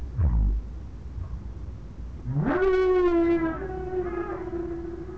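Whale calls: a brief low sound, then a steep rising moan that levels into a sustained harmonic tone.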